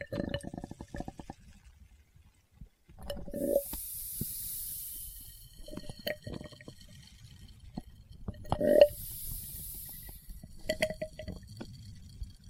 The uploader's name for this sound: Experimental Triggers in Test Tubes